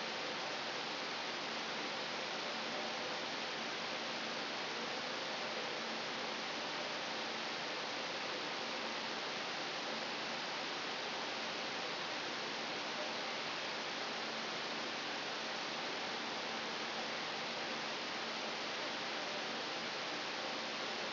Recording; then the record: brain microelectrode recording played as sound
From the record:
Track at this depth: inside the subthalamic nucleus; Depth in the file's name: 1.551 mm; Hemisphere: right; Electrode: 3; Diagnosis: Parkinson's disease